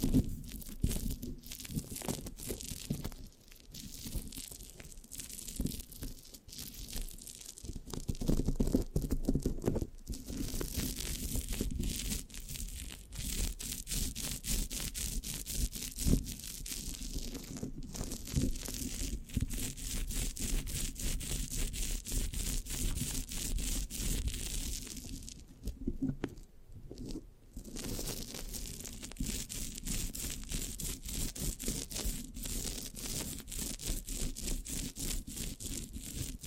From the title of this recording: Mic Scratching, Sticky, Brain Massage Triggers (No Talking)